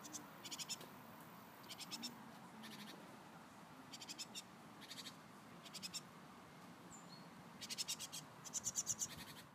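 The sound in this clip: Tit giving repeated harsh, buzzy churring bursts, each under half a second, scattered irregularly throughout over a steady background hiss.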